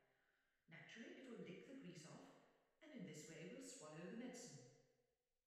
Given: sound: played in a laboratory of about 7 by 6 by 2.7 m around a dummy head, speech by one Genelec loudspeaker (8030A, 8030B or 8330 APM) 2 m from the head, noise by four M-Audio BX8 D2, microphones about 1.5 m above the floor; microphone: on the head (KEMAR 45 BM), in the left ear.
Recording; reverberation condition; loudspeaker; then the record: female speech in English; high; behind (180 degrees)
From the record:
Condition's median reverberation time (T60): about 1300 ms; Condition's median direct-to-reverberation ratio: about -4.0 dB